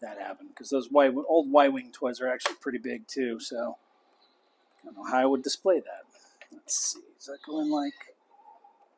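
A plastic docking part is being fitted onto a toy spaceship hull, meant to lock in so Y-wings can dock. Someone talks through most of the clip, with quiet handling sounds near the end. Nothing has seated or clicked yet.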